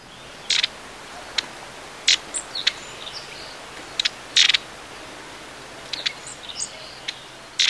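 Long-tailed tit giving short, buzzy, rasping bursts spaced irregularly every second or two, with faint thin high notes between them.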